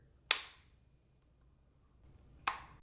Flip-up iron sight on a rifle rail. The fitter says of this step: you can hear the clicks when you engage it up here at the front we have the